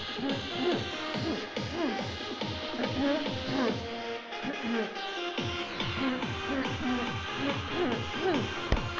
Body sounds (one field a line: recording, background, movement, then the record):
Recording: throat clearing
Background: music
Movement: sitting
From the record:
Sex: female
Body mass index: 21.8 kg/m2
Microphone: on the chest, facing outward